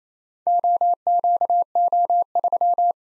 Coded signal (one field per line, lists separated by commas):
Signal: Morse code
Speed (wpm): 29 wpm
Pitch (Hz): 700 Hz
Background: none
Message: OQO3